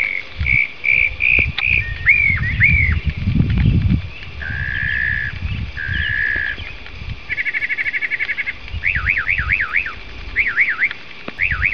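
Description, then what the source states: Bird song of clear whistled notes, then slurred phrases, a long steady note, a rapid rattling trill and looping rising-falling whistles, with low rumbling noise in places. Master recording used for training songbirds.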